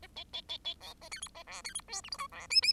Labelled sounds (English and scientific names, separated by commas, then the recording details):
Bengalese Finch (Lonchura striata domestica) song
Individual Bird10